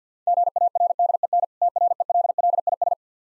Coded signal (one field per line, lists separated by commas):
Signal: Morse code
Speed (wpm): 50 wpm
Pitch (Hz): 700 Hz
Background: none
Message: GARDEN TRELLIS